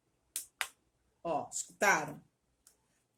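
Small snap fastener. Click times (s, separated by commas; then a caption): 0.4 s, 0.6 s. The female, low half of a snap fastener is pressed by hand, with no tool or hammering, onto the male half on a fabric cistern-lid cover, giving two sharp clicks at 0.4 s and 0.6 s. Someone then talks. The snap is properly seated and won't come off.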